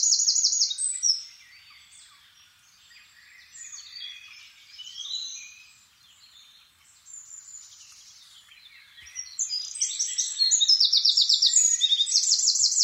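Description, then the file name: Eurasian wren song: brief high trill at the start, then quieter-sounding twitters, and a loud burst of rapid rattling trills near the end. "Troglodytes troglodytes"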